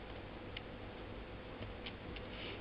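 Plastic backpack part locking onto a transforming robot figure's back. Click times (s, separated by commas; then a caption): 0.6 s. A plastic backpack part is pushed onto the back of a transforming robot action figure and clicks into place at 0.6 s, seating it. Fainter clicks follow at 1.9 s and 2.2 s as the next part is folded.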